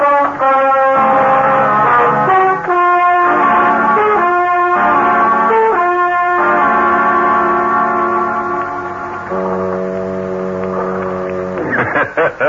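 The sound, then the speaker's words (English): Deep, droning foghorns on the waterfront blare in loud overlapping blasts, a cluster of short pulses giving way to long sustained tones that hold steady before cutting off. No one speaks. “Quiet spot, huh? Just foghorns and a bartender that hates the world.”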